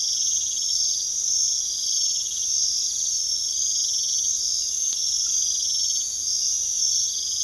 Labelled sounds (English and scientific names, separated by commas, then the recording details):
none
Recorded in secondary vegetation near Puerto Asís, Putumayo, Colombia, on 20 February 2024 at 04:30
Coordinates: 0.500, -76.326
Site G6428